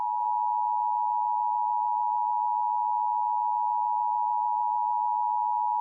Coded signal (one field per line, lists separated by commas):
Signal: Emergency Alert System (SAME) tones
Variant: 853 and 960 Hz attention tone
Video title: EAS Scenario/Mock #6 - Water Girl Attacks